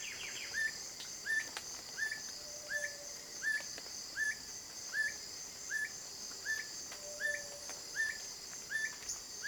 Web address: sound Black-Bushbird. صدای-پرنده-بیشه-مرغ-سیاه